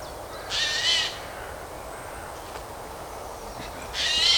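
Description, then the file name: Eurasian jay uttering two raspy, noisy screeches separated by a few seconds of quiet; the second call runs to the end. "Garrulus glandarius"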